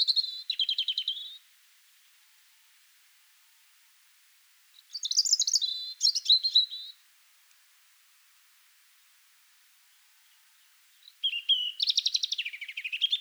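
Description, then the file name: European robin song: three separate bursts of high, thin warbled phrases, each one to two seconds long, mixing sweet whistles with rapid twittering trills, separated by silent pauses. "Erithacus rubecula"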